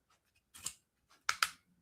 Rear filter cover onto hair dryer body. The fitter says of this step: hear that? So it clicked on, and